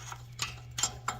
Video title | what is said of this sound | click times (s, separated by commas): How To Install Jaguar F-Type R Wheel Adapters/Spacers | And you should hear it click off each time to let me know that we're there, nice and solid. | 1.1 s